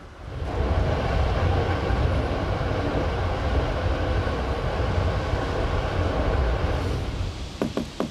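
A sleeper train rumbles steadily along the rails with a dense, low roar, joined near the end by a few sharp metallic clacks from the wheels.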